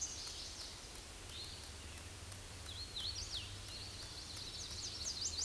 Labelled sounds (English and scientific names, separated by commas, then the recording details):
Hooded Warbler (Setophaga citrina) song
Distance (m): 50 m
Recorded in a Pennsylvania forest on 18 May 2023 at 07:29
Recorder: AudioMoth, point grid1_32_low
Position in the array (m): 137 m, 88 m